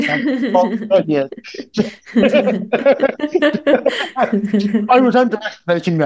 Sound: laughs